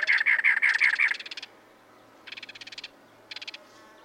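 Cactus wren song: a fast harsh chugging run lasting about a second, followed by two shorter bursts of scratchy rapid notes.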